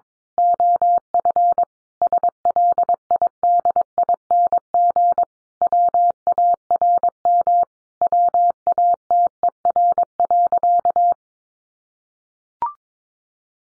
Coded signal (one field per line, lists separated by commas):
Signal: Morse code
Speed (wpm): 22 wpm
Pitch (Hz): 700 Hz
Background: none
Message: OF SLIDING WARM WATER.